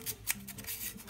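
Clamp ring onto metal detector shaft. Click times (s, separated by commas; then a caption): 0.3 s. A plastic clamp ring on a Fisher/Teknetics metal detector shaft, lined up so its small pins enter the notches and pushed fully in, snaps into place with a sharp click at 0.3 s, followed by faint rubbing and handling noise. The ring is clipped home and seated.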